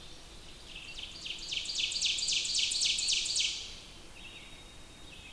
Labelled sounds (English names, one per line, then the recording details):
Ovenbird song
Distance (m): 25 m
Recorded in boreal forest in Alberta, Canada, on 20 June 2016 at 06:14
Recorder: SongMeter 3, array SBT-6-81
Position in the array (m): 74 m, 101 m
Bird 23